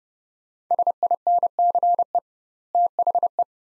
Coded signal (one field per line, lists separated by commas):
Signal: Morse code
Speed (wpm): 29 wpm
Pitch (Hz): 700 Hz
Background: none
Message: SINCE THE